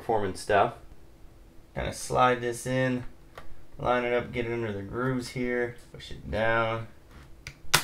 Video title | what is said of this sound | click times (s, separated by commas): Clone and Replace Hard Disk Drive (HDD) to Solid State Drive (SSD) on laptop | push it down, then it just snaps in. | 7.8 s